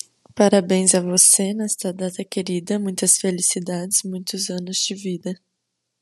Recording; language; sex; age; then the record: short text; Brazilian Portuguese; female; 18 to 19 years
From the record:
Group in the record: control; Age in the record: 19 years